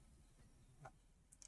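An L-shaped plastic locking tab from a snap-fit Pokemon model kit is fitted into its matching L-shaped socket. A soft knock is heard at about 0.9 s, and then two quick, sharp clicks come at 1.3 s and 1.4 s as the part snaps into its lock and seats.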